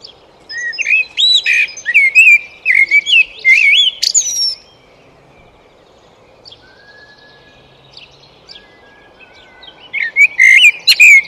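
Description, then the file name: Eurasian blackbird delivering a long run of warbled flute-like notes with high squeaky flourishes, then a quiet pause before another phrase at the end. "Turdus merula"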